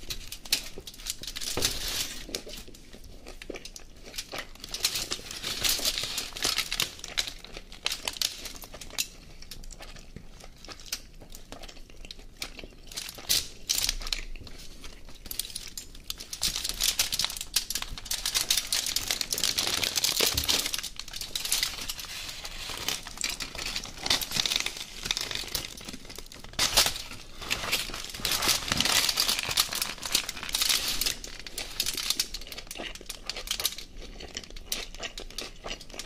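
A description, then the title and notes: ASMR food sounds with a döner: dense, bright crinkling and crumpling of a wrapper runs throughout, full of quick crackles and rustles. Louder bursts of handling come around 17 to 22 seconds and again near 27 to 30 seconds. Mukbang ASMR Food Döner & Coca Cola.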